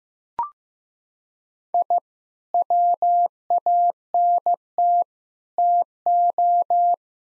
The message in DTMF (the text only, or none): none